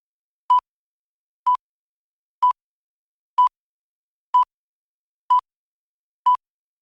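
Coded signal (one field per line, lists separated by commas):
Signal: beep code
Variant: CNC machine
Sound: seven short identical beeps near 1 kHz, about one per second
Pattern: 7 short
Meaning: Machining cycle complete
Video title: Cnc Cycle Complete Beep Sound Effect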